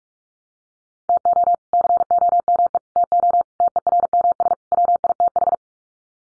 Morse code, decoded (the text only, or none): TO COME TO TERMS WITH